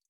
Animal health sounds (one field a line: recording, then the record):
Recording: hydrophone in a shrimp aquaculture tank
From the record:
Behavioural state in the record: feeding